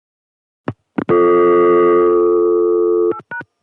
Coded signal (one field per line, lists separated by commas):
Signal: telephone call progress tone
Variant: North America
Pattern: dial tone